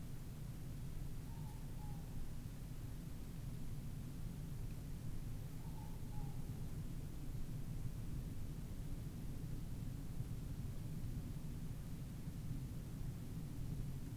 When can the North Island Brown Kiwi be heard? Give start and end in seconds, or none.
none